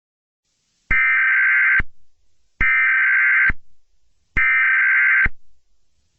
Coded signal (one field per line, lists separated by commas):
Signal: Emergency Alert System (SAME) tones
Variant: header bursts